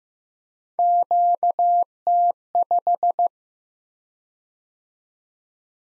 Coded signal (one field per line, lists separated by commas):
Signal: Morse code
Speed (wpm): 15 wpm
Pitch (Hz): 700 Hz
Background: none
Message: QT5